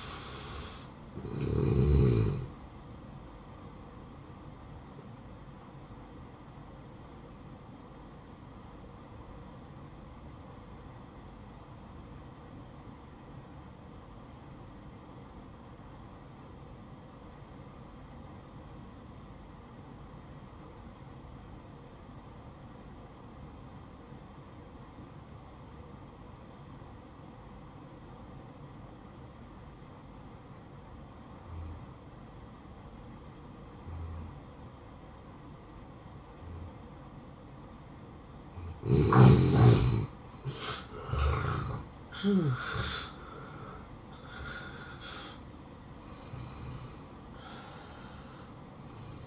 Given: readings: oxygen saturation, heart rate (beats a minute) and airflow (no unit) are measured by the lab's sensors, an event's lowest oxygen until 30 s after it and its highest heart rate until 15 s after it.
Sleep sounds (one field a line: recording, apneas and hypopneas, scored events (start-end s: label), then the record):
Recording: breathing in sleep by a smartphone at the bedside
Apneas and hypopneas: 1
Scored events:
8.00-41.90 s: hypopnea (N2, oxygen 95% highest, then 84% lowest, heart rate 59 at the start, 73 highest)
From the record:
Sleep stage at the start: N2 (light sleep)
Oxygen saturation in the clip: 84 to 95%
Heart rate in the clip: 56 to 73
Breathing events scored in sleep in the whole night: 573 in 9.8 hours asleep